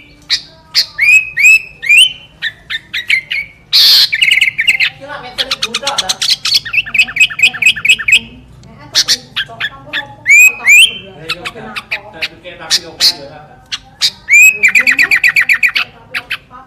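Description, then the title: Sooty-headed bulbul song: loud, varied phrases of slurred whistles, rapid rattles and buzzy trills, coming in repeated bursts with short gaps between them. "Kutilang"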